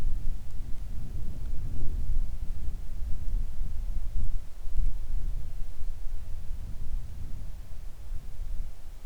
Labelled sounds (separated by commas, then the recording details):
wind, rain
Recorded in the Arctic National Wildlife Refuge, Alaska, on 3 August 2019 at 10:30
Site 41